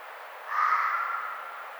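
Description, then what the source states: Red fox giving a single harsh, hoarse call lasting about a second, steady in pitch and fading out, over faint background hiss. Recorded on 1 May 2009.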